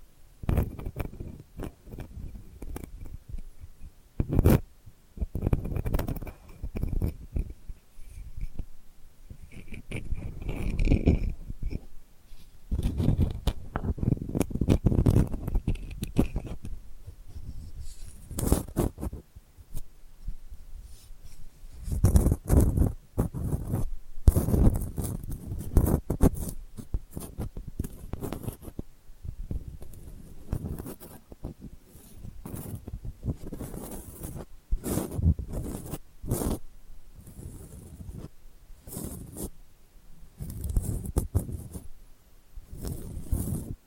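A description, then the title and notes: Delicate scratching in uneven bursts, soft rasping strokes with sharp clicks scattered throughout, busier and more clustered toward the second half. ASMR Delicate Scratching for Sleep (No Talking).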